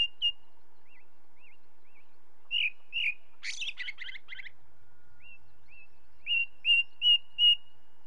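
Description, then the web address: Ring ouzel song of ringing piped notes and a scratchy twittering burst, with soft wavy whistles in the pauses. Recorded with the song of a second bird. "BBC Sound Effects Library. Ring Ouzel"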